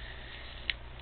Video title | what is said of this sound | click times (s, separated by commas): AISIN IFS Manual Locking Hubs, 2 | You can hear it click into lock. | 0.7 s